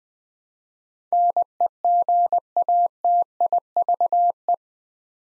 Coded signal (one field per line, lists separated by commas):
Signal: Morse code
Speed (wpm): 20 wpm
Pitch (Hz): 700 Hz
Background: none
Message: NEGATIVE